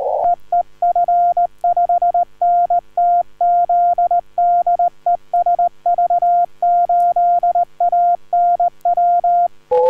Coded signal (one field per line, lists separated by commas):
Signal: Morse code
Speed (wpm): 20 wpm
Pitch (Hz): 690 Hz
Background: none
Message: EE F5NTZ DE SV8ANW